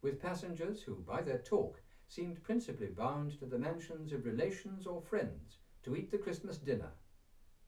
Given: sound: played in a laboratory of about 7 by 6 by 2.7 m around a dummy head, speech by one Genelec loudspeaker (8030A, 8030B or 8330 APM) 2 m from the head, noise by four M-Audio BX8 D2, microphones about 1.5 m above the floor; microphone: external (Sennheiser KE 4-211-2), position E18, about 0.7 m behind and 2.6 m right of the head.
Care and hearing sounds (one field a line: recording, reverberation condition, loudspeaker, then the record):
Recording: male speech in English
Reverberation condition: low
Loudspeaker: 30 degrees to the left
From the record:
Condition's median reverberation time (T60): about 310 ms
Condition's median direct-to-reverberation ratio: about 3.5 dB